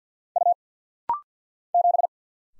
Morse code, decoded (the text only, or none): U 7